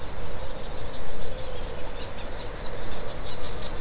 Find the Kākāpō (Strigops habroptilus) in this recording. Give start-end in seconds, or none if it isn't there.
none